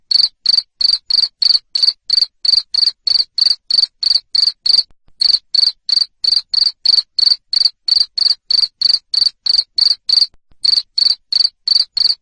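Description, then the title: Cricket producing a long series of shrill chirps, around three per second, with a couple of short pauses between bursts. Loud cricket chirping (ngerik), used to make lovebirds keep singing their ngekek song. "Suara JANGKRIK NGERIK Keras Bikin LOVEBIRD Jadi NGEKEK Terus Vubey"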